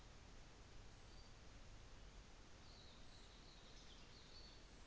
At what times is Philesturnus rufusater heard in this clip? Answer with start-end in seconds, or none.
none